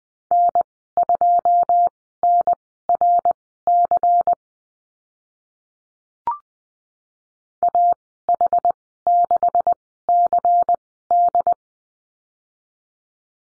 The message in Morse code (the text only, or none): N2NRC AH6CD